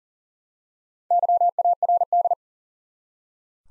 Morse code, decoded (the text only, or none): YARD